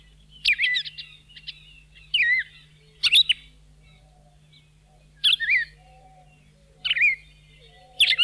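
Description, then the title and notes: Red-crested cardinal giving short, sharp, slurred whistled phrases about every one to two seconds, each a quick burst of clear notes, with a faint steady low hum beneath. Near Bahía Blanca, Argentina; local birds probably descended from escaped cage birds. "Museo de Ciencias de Bahía Blanca. Cardenal (Paroaria coronata) Los cardenales comunes que se hallan en la zona de Bahía Blanca se han originado probablemente de ejemplares escapados de jaula"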